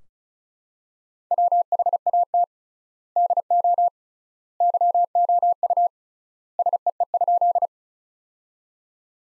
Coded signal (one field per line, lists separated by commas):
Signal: Morse code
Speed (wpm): 34 wpm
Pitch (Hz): 700 Hz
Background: none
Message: WHAT DO YOU SEE?